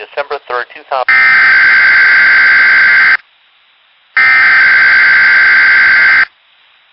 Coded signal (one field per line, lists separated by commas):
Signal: Emergency Alert System (SAME) tones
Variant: header bursts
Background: speech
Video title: [EAS 1-2] RWT and RMT on XMJ225